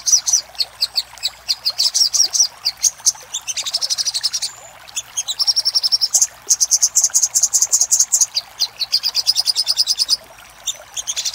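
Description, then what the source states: Little spiderhunter song of quick, high metallic chips in uneven bursts, sometimes merging into buzzy trills, with brief silent breaks. Master recording for training cage birds; labelled labaik.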